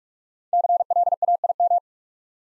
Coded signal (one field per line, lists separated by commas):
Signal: Morse code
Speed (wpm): 44 wpm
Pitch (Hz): 700 Hz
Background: none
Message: CLAIM